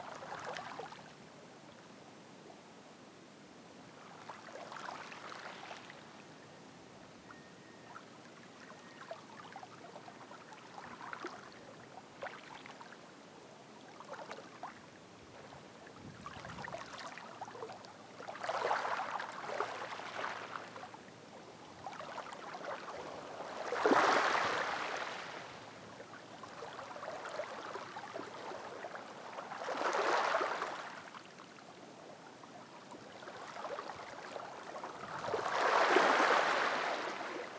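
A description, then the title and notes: Water laps gently against a stone beach, arriving as soft swashes every five to six seconds. The washes grow fuller and louder toward the end, near 24, 30 and 36 seconds, each a hissing rush with a faint rattle of stones beneath it. Water gently lapping against a stone beach on Red Island, Nova Scotia.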